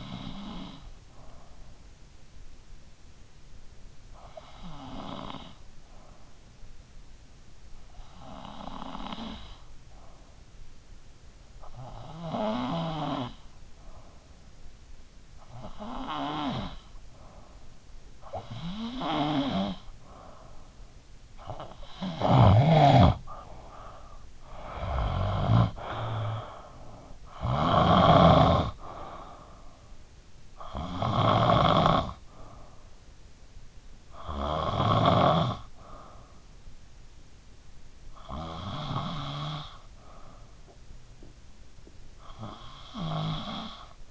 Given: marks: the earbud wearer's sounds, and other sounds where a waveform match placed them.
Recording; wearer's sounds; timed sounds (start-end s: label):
sounds in sleep by an in-ear microphone; snoring breath
0.00-44.10 s: snoring breath